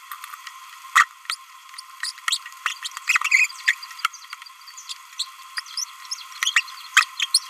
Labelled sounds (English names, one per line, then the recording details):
Green-rumped Parrotlet babbling
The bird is a male
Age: 27 days
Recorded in a nest box in Venezuela
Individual 17B31A2